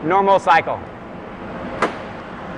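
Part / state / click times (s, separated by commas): door lock on a cassette and box washer chamber door / seated / 1.8 s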